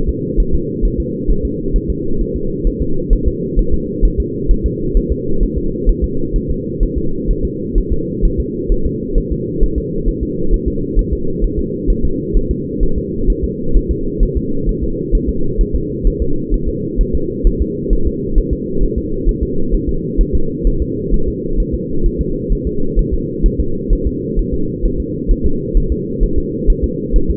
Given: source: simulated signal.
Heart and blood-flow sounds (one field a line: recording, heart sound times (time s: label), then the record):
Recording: fetal heart sounds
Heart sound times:
0.09 s: S2
0.40 s: S1
0.55 s: S2
0.85 s: S1
1.00 s: S2
1.31 s: S1
1.45 s: S2
1.76 s: S1
1.90 s: S2
2.21 s: S1
2.36 s: S2
2.67 s: S1
2.82 s: S2
3.13 s: S1
3.28 s: S2
3.59 s: S1
3.74 s: S2
4.05 s: S1
4.20 s: S2
4.51 s: S1
4.66 s: S2
4.97 s: S1
5.12 s: S2
5.43 s: S1
5.58 s: S2
5.89 s: S1
6.04 s: S2
6.36 s: S1
6.50 s: S2
6.83 s: S1
6.98 s: S2
7.31 s: S1
7.45 s: S2
7.78 s: S1
7.92 s: S2
8.25 s: S1
8.40 s: S2
8.72 s: S1
8.86 s: S2
9.18 s: S1
9.32 s: S2
9.63 s: S1
9.78 s: S2
10.08 s: S1
10.23 s: S2
10.54 s: S1
10.68 s: S2
10.99 s: S1
11.13 s: S2
11.44 s: S1
11.59 s: S2
11.90 s: S1
12.05 s: S2
12.37 s: S1
12.51 s: S2
12.83 s: S1
12.98 s: S2
13.30 s: S1
13.44 s: S2
13.77 s: S1
13.91 s: S2
14.23 s: S1
14.37 s: S2
14.69 s: S1
14.83 s: S2
15.15 s: S1
15.29 s: S2
15.61 s: S1
15.75 s: S2
16.07 s: S1
16.22 s: S2
16.54 s: S1
16.69 s: S2
17.01 s: S1
17.15 s: S2
17.47 s: S1
17.62 s: S2
17.93 s: S1
18.07 s: S2
18.38 s: S1
18.53 s: S2
18.83 s: S1
18.98 s: S2
19.29 s: S1
19.43 s: S2
19.75 s: S1
19.89 s: S2
20.21 s: S1
20.35 s: S2
20.67 s: S1
20.82 s: S2
21.14 s: S1
21.28 s: S2
21.60 s: S1
21.75 s: S2
22.06 s: S1
22.21 s: S2
22.53 s: S1
22.67 s: S2
22.99 s: S1
23.13 s: S2
23.46 s: S1
23.60 s: S2
23.93 s: S1
24.07 s: S2
24.39 s: S1
24.54 s: S2
24.85 s: S1
25.00 s: S2
25.31 s: S1
25.46 s: S2
25.77 s: S1
25.92 s: S2
26.23 s: S1
26.38 s: S2
26.70 s: S1
26.84 s: S2
27.16 s: S1
27.30 s: S2
From the record:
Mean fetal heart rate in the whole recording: 130 bpm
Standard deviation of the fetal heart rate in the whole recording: 4 bpm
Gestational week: 38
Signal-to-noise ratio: -8.1 dB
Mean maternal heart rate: 72 bpm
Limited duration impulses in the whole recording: absent